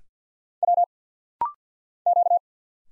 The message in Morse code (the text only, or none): W Q